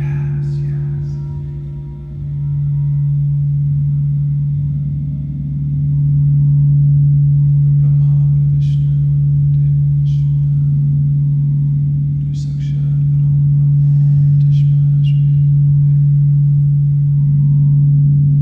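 A singing bowl hums one steady low tone throughout, with brief bright chimes and faint voices scattered around five, nine and thirteen seconds.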